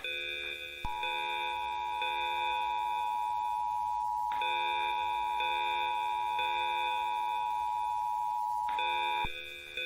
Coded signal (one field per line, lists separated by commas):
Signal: Emergency Alert System (SAME) tones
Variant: 853 and 960 Hz attention tone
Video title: [EAS Scenario] The shaking earth